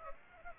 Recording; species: mosquito wingbeat signal from an infrared sensor; Aedes aegypti